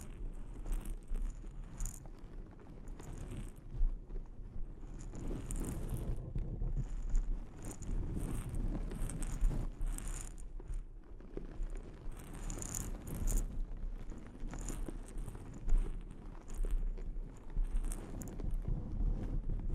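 Delicate scratching and tapping on a microphone, with a constant low, rumbling rub underneath. Crisp, bright scratches and taps break through every few seconds, clustering around the middle and final stretches, while the soft, muffled scraping carries on between them.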